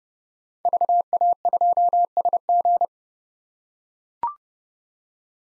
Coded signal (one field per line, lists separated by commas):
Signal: Morse code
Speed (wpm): 29 wpm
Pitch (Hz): 700 Hz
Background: none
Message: VA2SG